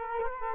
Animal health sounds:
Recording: mosquito wingbeat signal from an infrared sensor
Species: Culex quinquefasciatus

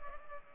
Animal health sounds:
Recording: mosquito wingbeat signal from an infrared sensor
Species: Culex pipiens

